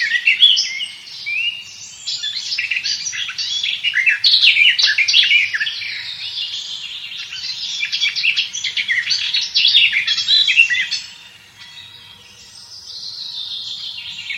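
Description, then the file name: Garden warbler song: a long, rich, continuous warble of fast mixed notes, then a brief lull and a softer resumption. "slavka sadovaja"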